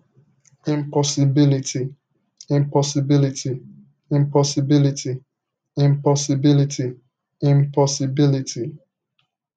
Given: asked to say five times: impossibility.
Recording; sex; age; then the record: repeated word; male; 40 to 49 years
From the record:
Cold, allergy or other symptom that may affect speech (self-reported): no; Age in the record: 45 years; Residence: California, United States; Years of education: 16